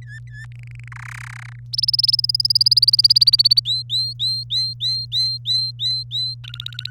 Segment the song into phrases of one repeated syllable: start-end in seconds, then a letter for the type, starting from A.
0.02-0.45 A, 0.52-0.88 B, 0.92-1.56 C, 1.73-3.60 D, 3.65-6.34 E, 6.44-6.90 F